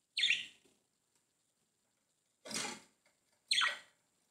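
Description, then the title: Budgerigar giving three short, harsh chirps, well spaced, with silence between them. "Budgie Sounds"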